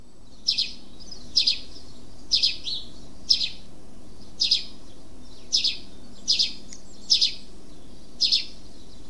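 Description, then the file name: House sparrow chirping, short bright chirps repeated about once a second, nine in a row, some doubled, over a low steady background hum. "Passer domesticus"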